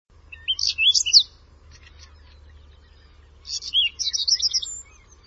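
Bird song in two bursts of quick, high, squeaky twittering notes with a pause between them, over a low steady hum.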